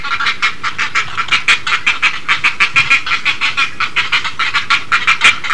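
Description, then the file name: Great egret uttering a steady series of rasping, breathy pulses throughout. "kotuku"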